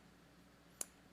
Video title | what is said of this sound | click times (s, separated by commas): Ninja Mega Kitchen System (BL770) Blender/Food Processor with 1500W Auto-iQ Base, 72oz Pitcher | to the left to lock in place you'll hear a slight click | 0.8 s